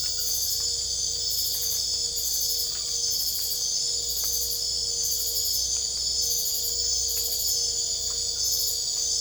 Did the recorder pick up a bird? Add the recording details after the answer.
no. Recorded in secondary vegetation near Puerto Asís, Putumayo, Colombia, on 22 December 2024 at 23:30. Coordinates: 0.488, -76.319. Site GP04